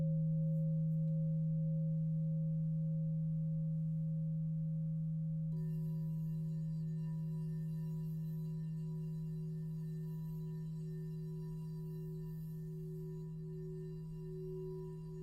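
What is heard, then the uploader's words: A crystal singing bowl hums with a deep, steady low tone and a clear ringing tone above it, fading slowly over the whole clip. Just past five seconds, a second ring joins in, adding brighter, higher shimmering tones that sustain to the end. I was guided to record 7 crystal singing bowl clips to each represents one of 7 sacred flames AKA 7 sacred rays.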